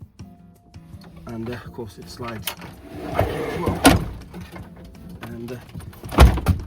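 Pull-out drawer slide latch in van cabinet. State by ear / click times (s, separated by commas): seated / 6.5 s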